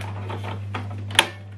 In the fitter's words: Hear a click sound, just make sure you use your hand to check that it's not falling off